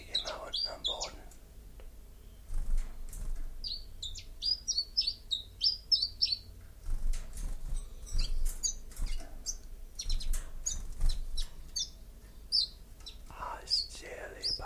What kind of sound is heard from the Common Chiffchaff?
song